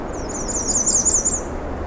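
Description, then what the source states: American Redstart song: a short series of high, thin, sibilant notes in a wavering pattern, lasting about a second and a half, over faint background hiss. Heard very close along a narrow trail on a road allowance edged by small cedars and shrubs, on a warm June morning.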